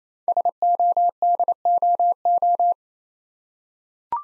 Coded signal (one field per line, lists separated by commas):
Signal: Morse code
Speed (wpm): 28 wpm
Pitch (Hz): 700 Hz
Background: none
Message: SODOO